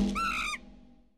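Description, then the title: Baboon giving one short harsh call, about half a second long, then quiet. Recorded in South Africa. "Babuíno Arrogante (África do Sul)"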